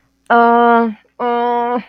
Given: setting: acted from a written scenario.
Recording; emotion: vocal sound without words; embarrassment